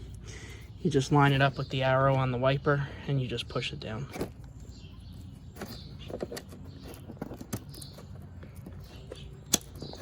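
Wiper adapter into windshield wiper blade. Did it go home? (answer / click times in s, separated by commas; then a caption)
yes / 9.5 s. A plastic wiper adapter is lined up with the arrow on an Audi Q5 windshield wiper blade and pushed down while someone talks. Faint handling noises follow, then a sharp snap at 9.5 s as the adapter locks into the wiper blade.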